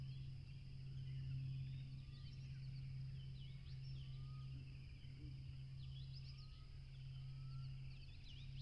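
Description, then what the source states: Cricket chorus humming as a constant high-pitched trill, overlaid by a low engine drone from a plane and a few faint bird chirps. At a tropical river, with a plane passing.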